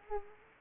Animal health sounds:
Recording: mosquito wingbeat signal from an infrared sensor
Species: Anopheles arabiensis

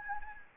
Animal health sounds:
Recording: mosquito wingbeat signal from an infrared sensor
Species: Anopheles gambiae

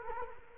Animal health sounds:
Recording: mosquito wingbeat signal from an infrared sensor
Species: Culex quinquefasciatus

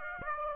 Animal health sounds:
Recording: mosquito wingbeat signal from an infrared sensor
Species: Aedes aegypti

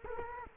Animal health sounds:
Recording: mosquito wingbeat signal from an infrared sensor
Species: Culex quinquefasciatus

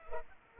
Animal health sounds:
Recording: mosquito wingbeat signal from an infrared sensor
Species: Culex pipiens

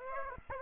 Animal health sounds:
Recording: mosquito wingbeat signal from an infrared sensor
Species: Aedes aegypti

